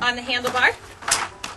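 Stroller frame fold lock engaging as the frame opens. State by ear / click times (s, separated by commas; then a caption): seated / 1.4 s. While someone talks, a 30 lb Joovy Ergo Caboose stroller is unfolded: the automatic lock is released and the handlebar is pulled up as the frame opens. The metal and plastic frame fold lock engages with a single sharp click at 1.4 s, locking into place.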